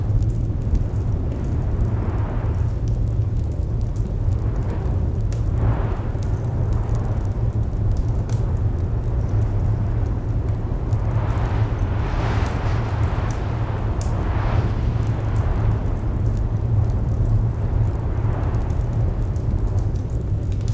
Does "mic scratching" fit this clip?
no